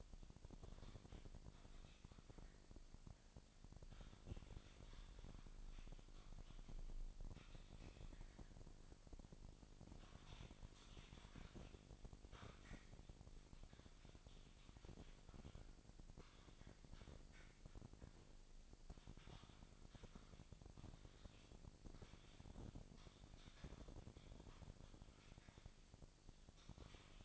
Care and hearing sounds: daily activity, microphone in the room; typing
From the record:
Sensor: 5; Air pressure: 999.3 hPa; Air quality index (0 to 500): 229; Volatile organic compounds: 24 ppm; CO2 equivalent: 2798 ppm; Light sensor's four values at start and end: 34/79/31/30 and 34/79/31/30

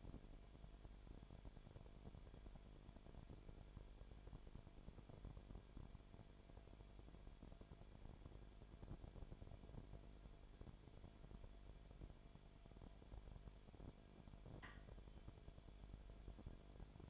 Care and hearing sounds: daily activity, microphone in the room; no activity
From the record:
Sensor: 5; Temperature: 19.8 degrees Celsius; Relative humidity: 35.7%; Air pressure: 1003.4 hPa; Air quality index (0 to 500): 57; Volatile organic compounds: 1 ppm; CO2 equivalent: 636 ppm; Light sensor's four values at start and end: 2/3/1/1 and 2/3/1/1

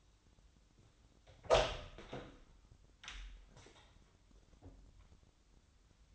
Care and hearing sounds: daily activity, microphone in the room; open door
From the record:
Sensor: 3

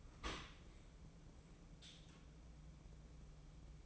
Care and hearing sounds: daily activity, microphone in the room; open dishwasher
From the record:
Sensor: 1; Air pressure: 1012.4 hPa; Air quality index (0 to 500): 166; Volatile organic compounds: 3 ppm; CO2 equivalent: 1356 ppm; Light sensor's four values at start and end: 557/1209/558/611 and 554/1205/556/609

